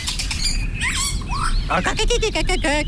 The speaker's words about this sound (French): Oh, le joli Philoscopus colibita.